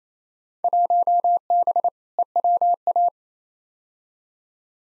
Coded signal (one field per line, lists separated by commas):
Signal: Morse code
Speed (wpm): 28 wpm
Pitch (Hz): 700 Hz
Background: none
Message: 1B EWA